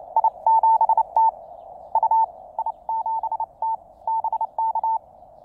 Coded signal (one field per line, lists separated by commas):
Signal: Morse code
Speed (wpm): 29 wpm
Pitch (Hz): 890 Hz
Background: none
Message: I7T U I7T BK